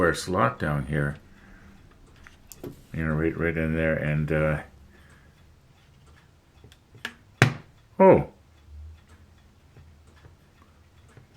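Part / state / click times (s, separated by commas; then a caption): plastic model part into a slot in the model ship / seated / 7.4 s. A plastic model ship part that was not fully seated in its slot is pressed down until it pops into place with a sharp click at 7.4 s, preceded by a few faint ticks. Someone talks before and after the click.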